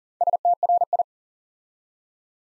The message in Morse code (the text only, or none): STRI